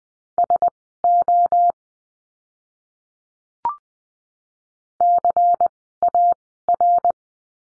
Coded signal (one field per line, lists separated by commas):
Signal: Morse code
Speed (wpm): 20 wpm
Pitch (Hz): 700 Hz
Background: none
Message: SO CAR